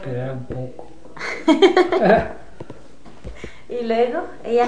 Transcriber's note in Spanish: risas